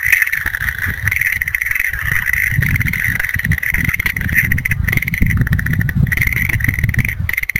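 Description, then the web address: Frogs in a steady chorus of rapid pulsed trills, an unbroken shimmering band, with soft low rumbling in the background. "~kp room. kaeru"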